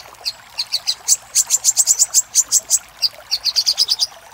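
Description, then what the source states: Little spiderhunter giving a brisk string of thin, piercing chips, pausing briefly before a final quicker run. Master recording for training cage birds; labelled Labaik.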